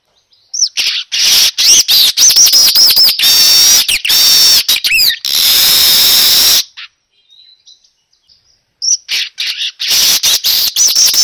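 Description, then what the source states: Weaver song, long rapid buzzy chatter full of squeaky whistled notes, a brief pause with faint chirps, then the chattering resumes. Lure sound for a weaver, described as gacor, meaning singing loudly and continuously.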